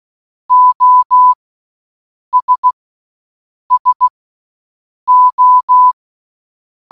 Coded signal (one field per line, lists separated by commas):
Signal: Morse code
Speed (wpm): 16 wpm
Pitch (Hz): 1000 Hz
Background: none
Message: OS SO